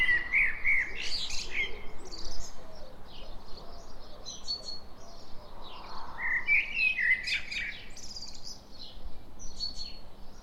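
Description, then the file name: Common blackbird singing low, rich warbling phrases that finish in high twittering squeaks, two phrases heard, with other thin high chirps scattered around them. "Turdus merula"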